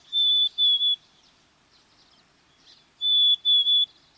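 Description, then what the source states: Black-capped Chickadee song, a clear whistled phrase of three notes, given twice about three seconds apart. Plaintive, whistled song.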